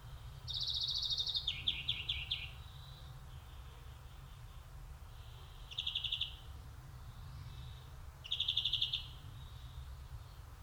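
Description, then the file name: European greenfinch giving rapid trilled calls, a long twittering run in the first two and a half seconds, then shorter trills near six and eight seconds, over low rumbling background noise. "Chloris chloris"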